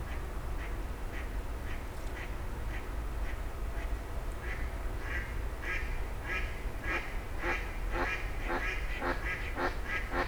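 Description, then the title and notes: Grey heron rough squawks, sparse at first and then crowding together in quick rasping bursts, with a constant low drone of traffic beneath. Several grey herons exchanging calls at 04h00 in Fenouillet, France, as traffic gradually resumes. "44 Rue des Gourgues, 31150 Fenouillet, France - 04h00-Dialogue de Hérons cendrés. 04h00-Alors que la circulation reprend peu à peu, des hérons cendrés se font des politesses"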